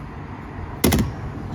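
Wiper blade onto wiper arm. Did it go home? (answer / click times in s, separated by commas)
yes / 0.8 s, 0.9 s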